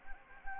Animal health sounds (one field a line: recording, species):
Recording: mosquito wingbeat signal from an infrared sensor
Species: Anopheles gambiae